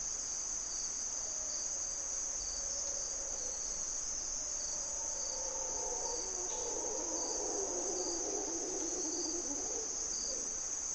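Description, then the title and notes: Mantled howler monkeys roaring in low, wavering howls that rise and fall through the middle, under a steady shrill insect drone. Mantled howler monkeys waking the jungle at morning twilight, Parque Nacional Corcovado, Osa Peninsula, Costa Rica; males audible for several kilometres, calling at dawn and dusk and in response to disturbances. "Mantled Howler Monkeys in Corcovado morning twilight. Monos Congos, or Mantled Howler Monkeys, waking the jungle in Costa Rica's Parque Nacional Corcovado"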